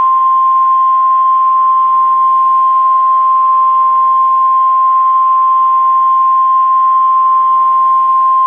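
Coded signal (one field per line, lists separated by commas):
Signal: Emergency Alert System (SAME) tones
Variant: 1050 Hz attention tone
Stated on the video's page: A parody, not a real alert, made for entertainment.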